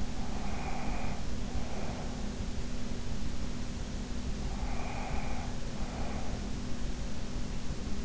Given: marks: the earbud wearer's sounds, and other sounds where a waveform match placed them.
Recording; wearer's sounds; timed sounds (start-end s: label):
sounds in sleep by an in-ear microphone; breath
0.00-2.39 s: breath
4.40-6.51 s: breath